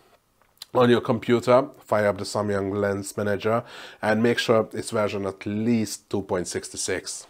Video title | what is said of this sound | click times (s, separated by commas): Samyang AF 24-70mm f2.8 just got better with Firmware V2 | so align the white dots and turn the lens until it clicks in | 0.6 s